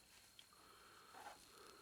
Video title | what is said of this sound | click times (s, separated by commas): Hot Wheels Larry's Wrecker Restoration | you slide it forward and it should snap into place | 0.4 s